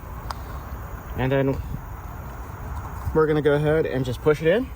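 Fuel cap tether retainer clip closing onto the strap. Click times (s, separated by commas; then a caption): 0.3 s. On a Honda fuel gas cap replacement, the plastic retainer clip on the new gas cap's strap is squeezed together by hand and clicks shut at 0.3 seconds, so the cap can hang from it. Someone talks afterward, with faint steady outdoor background noise.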